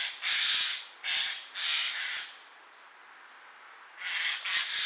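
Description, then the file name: Eurasian jay uttering a series of rough, hoarse screeches, three in quick succession, a pause, then two more harsh calls close together. "Garrulus glandarius"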